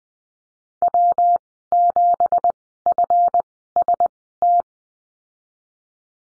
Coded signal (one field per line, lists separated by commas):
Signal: Morse code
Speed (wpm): 19 wpm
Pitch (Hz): 700 Hz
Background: none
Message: W7FST